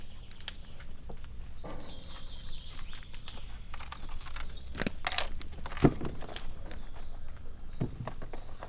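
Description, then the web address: Père David's deer joint clicking: sharp dry clicks that come irregularly and often throughout, with one louder snap, over a steady low rumble. Captive animal in a zoo in Miskolc, recorded 2018; crackling sound of the deer's leg joints. "david szarvas ropogolazaizuletek miskolczoo"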